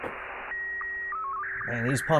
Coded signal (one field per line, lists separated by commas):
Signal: SSTV (slow-scan television)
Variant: Scottie 2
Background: speech